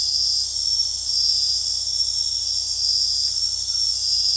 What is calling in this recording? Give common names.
none